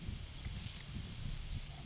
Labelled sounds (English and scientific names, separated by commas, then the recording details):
Yellowhammer (Emberiza citrinella) song
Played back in forest
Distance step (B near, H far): B
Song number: 028